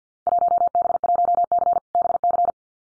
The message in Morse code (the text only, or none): 1B1C BC